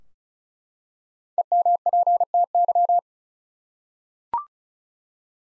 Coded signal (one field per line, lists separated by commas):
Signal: Morse code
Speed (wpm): 34 wpm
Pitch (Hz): 700 Hz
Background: none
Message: EMPTY